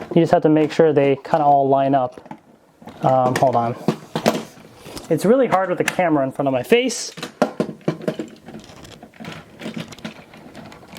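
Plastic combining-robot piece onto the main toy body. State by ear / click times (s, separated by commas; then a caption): seated / 7.4 s. A plastic combining-robot piece is lined up on the main toy body while someone talks, with small plastic handling clicks around 4.2 s. After trouble lining it up, the piece is re-aligned and its top part pressed until it clicks into place at 7.4 s on the second try, seating it, followed by a few lighter taps.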